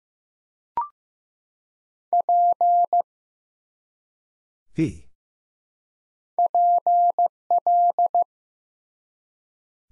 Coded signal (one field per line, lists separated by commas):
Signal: Morse code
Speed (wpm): 15 wpm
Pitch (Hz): 700 Hz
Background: none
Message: P PL